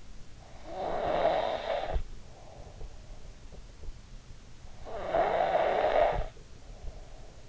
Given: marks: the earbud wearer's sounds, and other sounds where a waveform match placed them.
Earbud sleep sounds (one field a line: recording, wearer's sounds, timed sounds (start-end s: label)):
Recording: sounds in sleep by an in-ear microphone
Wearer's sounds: snoring breath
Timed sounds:
0.28-2.92 s: snoring breath
4.96-7.49 s: snoring breath